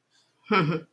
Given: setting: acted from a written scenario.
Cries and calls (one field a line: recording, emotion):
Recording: vocal sound without words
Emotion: pride